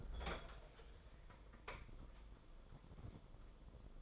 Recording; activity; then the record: daily activity, microphone in the room; open fridge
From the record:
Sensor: 5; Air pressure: 994.5 hPa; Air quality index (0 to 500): 189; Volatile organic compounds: 1000 ppm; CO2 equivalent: 5562 ppm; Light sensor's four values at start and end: 46/140/54/60 and 47/142/55/61